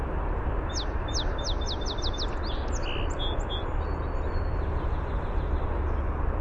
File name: SOSP song